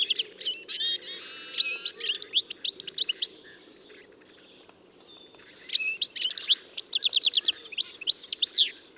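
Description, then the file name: European goldfinch twittering calls: two bursts of fast, tinkling, liquid chattering notes with quick buzzy trills, separated by a quiet pause. "Carduelis carduelis"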